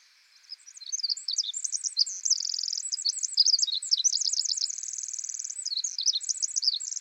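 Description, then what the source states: Pacific wren song: a long, rapid, high tinkling cascade of notes and fast trills, running continuously for several seconds with buzzy trilled segments. Loud, persistent singer in forest.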